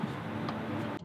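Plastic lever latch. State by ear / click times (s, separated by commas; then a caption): seated / 0.5 s. In a 2023 Hyundai IONIQ 6 EV SEL AWD, the release lever of the tilt and telescoping steering column is pushed back into its locked position. A single sharp latch click sounds at 0.5 s over a steady low background noise that drops off just before the end, and the column locks in place.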